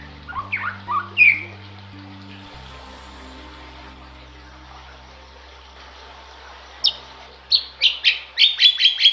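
Bali myna calls: a few rising chirps at the start, a long silence, then a quickening run of sharp, clipped notes at the end.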